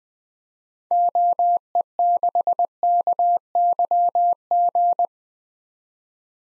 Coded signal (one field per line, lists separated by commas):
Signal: Morse code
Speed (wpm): 21 wpm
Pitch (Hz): 700 Hz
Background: none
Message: OE6KYG